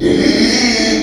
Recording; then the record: squeal of a Yucatan mini pig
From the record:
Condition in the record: after surgery on the right vocal fold (resection and tissue-engineered implant); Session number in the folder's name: 2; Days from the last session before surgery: 13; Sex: male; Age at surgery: 12 weeks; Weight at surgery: 13 kg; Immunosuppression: cyclosporine, prednisolone